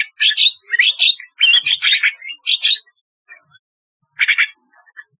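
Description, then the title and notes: Starling delivering a fast run of buzzy, scratchy phrases, then falling quiet apart from one short harsh burst and faint chips. "Kicau Burung Jalak"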